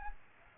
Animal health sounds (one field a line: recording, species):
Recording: mosquito wingbeat signal from an infrared sensor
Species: Aedes aegypti